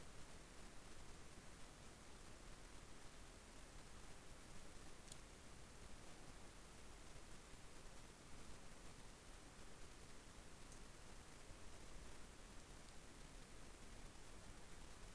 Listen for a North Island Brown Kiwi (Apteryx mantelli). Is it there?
no